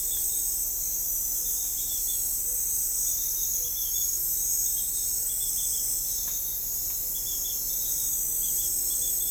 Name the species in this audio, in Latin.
none